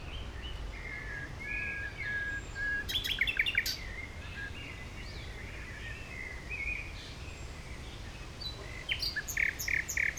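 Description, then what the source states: Common nightingale singing varied phrases: soft whistled notes, a sudden dry rattle burst, then rapid repeated chirps near the end, over a steady low rumble. Recorded at Heidekampgraben along the Mauerweg in Berlin, Germany, former Berlin Wall area; recorded with Sony PCM-D50 and Primo EM172 microphones.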